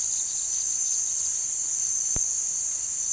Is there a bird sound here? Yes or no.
yes